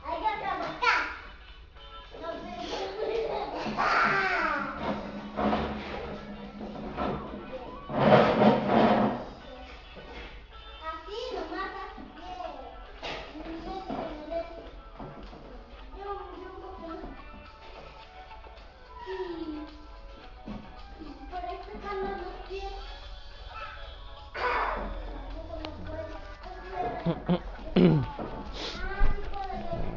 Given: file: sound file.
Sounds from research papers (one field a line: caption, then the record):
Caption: This file was judged by the algorithm to be analyzable (i.e. variations in the background noise level were below the threshold level) but contains a variety of potentially confusing noises. Unlike audio file S2, this file contained several regions of fairly stable background noise which allows the noise floor to be estimated.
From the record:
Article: Validation of an Automated Cough Detection Algorithm for Tracking Recovery of Pulmonary Tuberculosis Patients